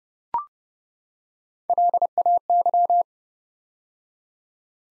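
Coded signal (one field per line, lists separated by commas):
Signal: Morse code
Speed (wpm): 30 wpm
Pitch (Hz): 700 Hz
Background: none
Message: LAY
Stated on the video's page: Morse practice set building six-letter words three letters at a time at 30 wpm, for beginners working on instant character recognition.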